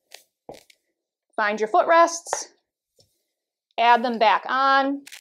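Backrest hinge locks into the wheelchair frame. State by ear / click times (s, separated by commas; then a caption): seated / 0.1 s, 0.5 s. The folded backrest of a transport wheelchair is raised until its metal folding hinges lock into the frame on both sides, giving sharp clicks at about 0.2 s and 0.5 s, followed by a couple of fainter ticks. Someone then talks, with a faint tap at 3.0 s. The backrest is locked in place.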